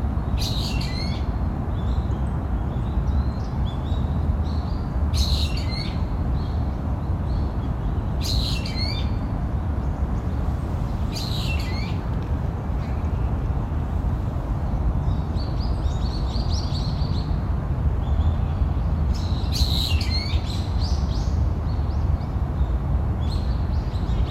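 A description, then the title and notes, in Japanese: Small birds chirp and twitter in short, bright bursts that come every few seconds, around 1, 5, 8, 11, 20 and 22 seconds, with softer calls in between. Beneath them runs a steady, dense low rumble, like wind or traffic, at an even level throughout. 公園の朝散歩より630さえずり。小鳥のさえずり。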